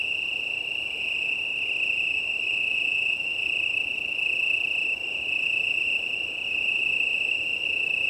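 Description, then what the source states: Italian tree crickets in chorus, a steady, unbroken high trilling tone, with soft wind rumbling underneath. Chorus of many Italian tree crickets, 18 September 2019, 20:35, early night, Plateau de Lesches en Diois, Drôme, France; windy; recorded on a Nomad six-track recorder with MKH8020 microphones.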